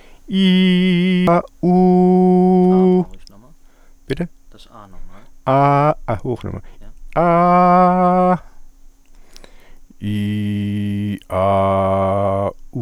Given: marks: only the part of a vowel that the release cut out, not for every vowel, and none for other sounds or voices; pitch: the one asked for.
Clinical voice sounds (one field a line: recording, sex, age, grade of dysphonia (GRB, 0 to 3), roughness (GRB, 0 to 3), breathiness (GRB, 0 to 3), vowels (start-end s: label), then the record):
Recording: sustained vowels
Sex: male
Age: 60 to 69 years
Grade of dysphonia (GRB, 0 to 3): 0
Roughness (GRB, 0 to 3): 0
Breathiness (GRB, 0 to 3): 0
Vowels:
0.43-1.18 s: vowel /i/, high pitch
1.76-2.62 s: vowel /u/, high pitch
7.25-8.23 s: vowel /a/, high pitch
10.16-11.03 s: vowel /i/, low pitch
11.43-12.31 s: vowel /a/, low pitch
From the record:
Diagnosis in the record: healthy voice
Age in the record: 66 years